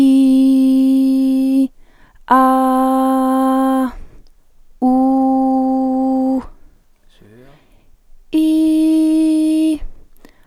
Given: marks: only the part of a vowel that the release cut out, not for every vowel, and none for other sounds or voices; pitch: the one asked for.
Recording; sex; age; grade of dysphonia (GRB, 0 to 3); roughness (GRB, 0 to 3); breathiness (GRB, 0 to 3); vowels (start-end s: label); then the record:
sustained vowels; female; 20 to 29 years; 0; 0; 0
0.00-1.57 s: vowel /i/, normal pitch
2.37-3.79 s: vowel /a/, normal pitch
4.89-6.31 s: vowel /u/, normal pitch
8.91-9.66 s: vowel /i/, high pitch
From the record:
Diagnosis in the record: healthy voice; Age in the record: 26 years